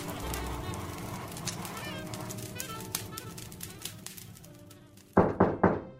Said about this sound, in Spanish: A veces alguien llama a su puerta.